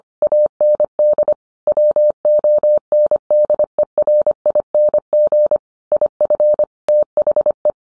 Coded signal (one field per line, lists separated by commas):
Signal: Morse code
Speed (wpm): 25 wpm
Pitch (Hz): 600 Hz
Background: none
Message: AND WONDERING IF THE